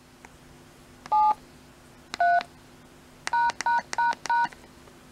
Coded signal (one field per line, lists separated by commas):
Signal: DTMF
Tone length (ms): 180 ms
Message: 7 3 ####